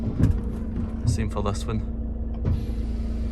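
On a bucket truck, the operator twists the control to bring the second stabiliser jack leg up, retracting it toward its stowed, locked position. Someone talks briefly over a steady vehicle hum with a low tone, and a broadband hiss rises from about 2.5 s. Nothing has clicked or locked into place yet.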